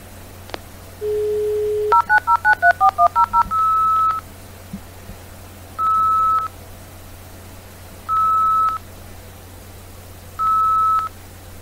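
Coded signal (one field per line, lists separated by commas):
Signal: fax machine handshake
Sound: low hum tone, eight quick dialing tone pairs, then four evenly spaced steady beeps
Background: low hum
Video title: Fax Machine Sound Effect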